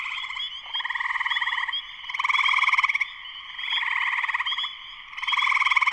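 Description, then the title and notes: Spring peepers chorusing, rapid high notes continuing alongside alternating waves of loud, rattly pulsed trilling. Full chorus shortly after sunset in Sleeping Bear Dunes National Lakeshore, northern Michigan, USA; recorded by Darrin Wassom. "Spring peepers (chorus frogs) in concert. Spring peepers (chorus frogs) in full chorus shortly after sunset in the Sleeping Bear Dunes National Lakeshore in northern Michigan, USA. Recorded by Darrin Wassom. Music for Sleep"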